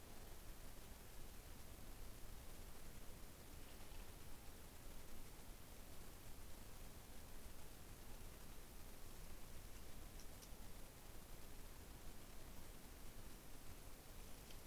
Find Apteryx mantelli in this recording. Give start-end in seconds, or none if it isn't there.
none